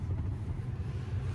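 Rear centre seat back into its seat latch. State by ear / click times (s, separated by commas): not seated / none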